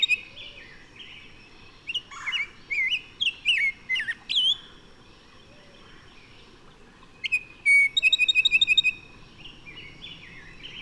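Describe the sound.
Bird song: a phrase of varied sharp whistles and twitters, a long quiet gap, then a fast burst of repeated ticking notes.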